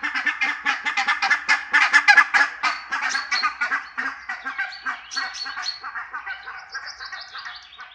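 Barnacle goose: barnacle geese calling as a flock, a dense chatter of short yapping barks that is loudest early and thins to scattered higher yelps.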